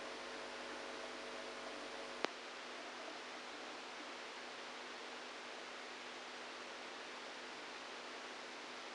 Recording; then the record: brain microelectrode recording played as sound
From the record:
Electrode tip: outside the subthalamic nucleus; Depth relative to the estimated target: 4 mm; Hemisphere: right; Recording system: NeuroSet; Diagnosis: Parkinson's disease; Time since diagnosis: 27 years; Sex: male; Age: 62 years